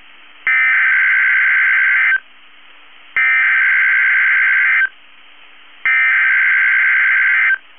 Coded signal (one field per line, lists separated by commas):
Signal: Emergency Alert System (SAME) tones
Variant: header bursts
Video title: EAS Child Abduction Emergency (AMBER Alert) Lampasas, Texas Statewide Alert (3 Children!)